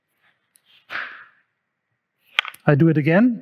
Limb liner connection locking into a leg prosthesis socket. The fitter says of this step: that you feel oh you are in the right position then you hear a click noise